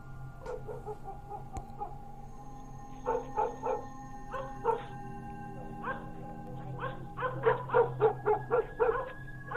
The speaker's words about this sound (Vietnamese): Ấy thế nhưng nếu mà đang yên tĩnh, bỗng những con chó quê cứ chu lên từng tiếng một dứt quãng, hoặc cứ sủa nhấm nha nhấm nhặng, tức là chúng nó đã nhìn thấy những thứ không sạch sẽ.